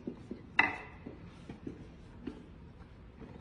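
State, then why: Seated. The seat cushion of a wooden dining chair is pressed down onto the two snap clips on its frame. A single sharp, loud snap at 0.6 s stands out above faint scattered knocks and rubbing. The seat clicks into the clips and is seated.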